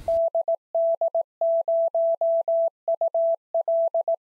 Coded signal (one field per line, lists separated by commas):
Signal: Morse code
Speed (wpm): 18 wpm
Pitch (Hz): 660 Hz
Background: none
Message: DD0UL